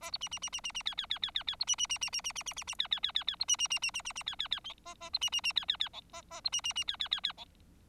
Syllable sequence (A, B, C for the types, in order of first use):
A B C C C C C C D D D D D D B C C C C C C C C C C D D D D D B C C C C C C C D D D A A B C C C D D D E A A B C C C D D D D E